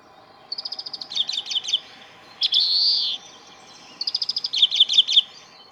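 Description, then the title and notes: Grey-capped greenfinch calling: bursts of rapid, high twittering notes around a long, wheezy, rising-then-falling buzz. 45 greenfinches counted on the walk, calling high in the crown of a tall plane tree at Nanhanhe Park, Beijing, 11 February 2022, overcast day, -5 to 9°C. "观鸟地点：北京南旱河公园. 金翅雀45只"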